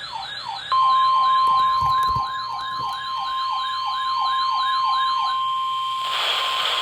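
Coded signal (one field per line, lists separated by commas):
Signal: Emergency Alert System (SAME) tones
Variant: 1050 Hz attention tone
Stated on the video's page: Weather radio routine weekly tests, including a newly received station's first activation; valid EAS tones captured off air.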